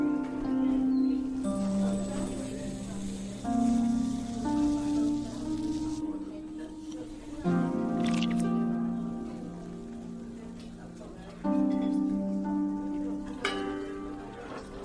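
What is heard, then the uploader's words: Fantasy fairy cafe ambience carried by a soft, sustained melody of long held tones that change pitch every second or two, holding a steady level throughout. Brief bright clinks stand out around 8 and 13.5 seconds over a faint hiss. Fantasy fairy cafe asmr ambience.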